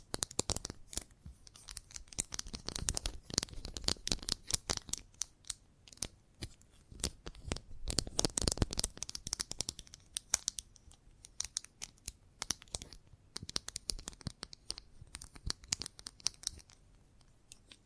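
Chalk scraping and tapping against a hard surface, with dense bursts of gritty scratches and sharp clicks through the whole stretch. The strokes come in quick irregular clusters, busiest around the middle, then thin out into scattered taps with brief quiet gaps.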